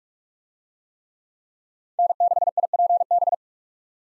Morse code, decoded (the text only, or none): N6IPB